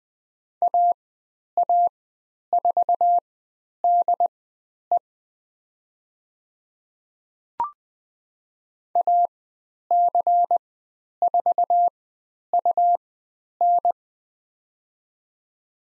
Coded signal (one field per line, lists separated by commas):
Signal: Morse code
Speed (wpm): 20 wpm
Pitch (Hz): 700 Hz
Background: none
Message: AA4DE AC4UN